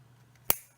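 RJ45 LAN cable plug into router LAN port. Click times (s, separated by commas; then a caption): 0.5 s. An RJ45 plug on a LAN cable is pushed into a router's LAN port and seats with a single sharp plastic latch click at 0.5 s. The click rises well above a quiet background with a low steady hum, and a faint tick comes just before at about 0.4 s. No one talks in the clip.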